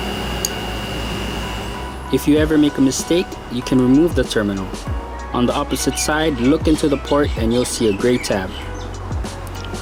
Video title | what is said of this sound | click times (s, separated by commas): VW / AUDI 1.8T Coil Pack Ignition Harness Kit Install | You'll hear a loud click that lets you know it's locked in place. | 0.5 s